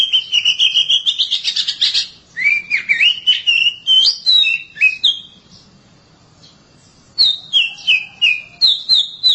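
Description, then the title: Oriental magpie-robin singing a rich run of rapid whistled and slurred notes, wavering up and down, then a pause and a fresh series of repeated descending whistles. "Suara Kicauan Burung Kacer"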